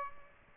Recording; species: mosquito wingbeat signal from an infrared sensor; Aedes aegypti